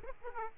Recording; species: mosquito wingbeat signal from an infrared sensor; Aedes aegypti